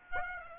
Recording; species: mosquito wingbeat signal from an infrared sensor; Aedes aegypti